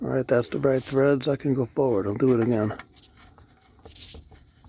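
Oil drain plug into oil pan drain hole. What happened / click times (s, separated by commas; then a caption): The threaded plug was handled and started on its thread but not tightened home / none. Someone talks for the first 2.8 seconds while turning a metal drain plug backwards in the oil pan drain hole of a Mazda CX-50, CX-5 or CX-30 during an oil change, feeling for the thread start. After that, only faint handling ticks are heard near 3.4, 3.9 and 4.7 seconds. The plug is handled but not yet home, and nothing has seated or clicked yet.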